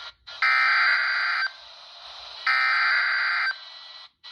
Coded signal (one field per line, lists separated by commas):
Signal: Emergency Alert System (SAME) tones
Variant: header bursts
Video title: (EAS "#575") GSP Severe Thunderstorm Warning from WNG588 (Jefferson, NC) - 12/29/2024